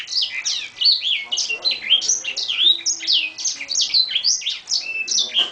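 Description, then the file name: Edel Sanger in continuous song: a dense, fast sequence of high twittering notes, quick slurred whistles and chips, with no break. Original song (lagu asli). "edel-sanger-lagu-asli-1-omkicau"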